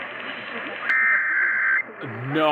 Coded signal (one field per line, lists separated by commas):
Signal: Emergency Alert System (SAME) tones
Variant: header bursts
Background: speech